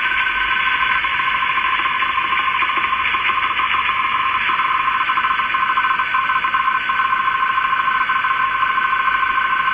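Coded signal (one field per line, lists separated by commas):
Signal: RTTY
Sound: continuous fast warbling two-tone chatter over steady hiss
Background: radio static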